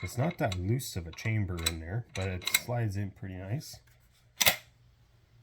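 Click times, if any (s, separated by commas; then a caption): 4.4 s. Someone talks while a dummy round sits loaded in the chamber of a CIL Model 402 16 gauge single-shot break-action shotgun. At 4.4 s the barrel swings shut and the steel locking latch catches with one sharp click, seating the action closed and solid.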